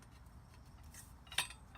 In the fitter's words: it snaps in place and then